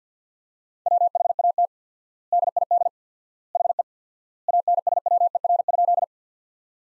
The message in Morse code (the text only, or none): WHAT DID HE ANSWER?